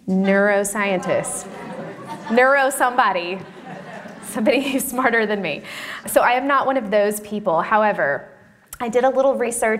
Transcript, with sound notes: neuroscientist? Neuro somebody. (laughter) Somebody smarter than me. So, I am not one of those people. However, I did a little research.